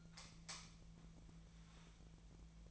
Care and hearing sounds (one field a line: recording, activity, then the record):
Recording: daily activity, microphone in the room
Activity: light off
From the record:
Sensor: 1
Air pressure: 1009.8 hPa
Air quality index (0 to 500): 190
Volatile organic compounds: 18 ppm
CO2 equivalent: 2610 ppm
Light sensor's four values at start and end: 44/127/52/59 and 33/83/35/42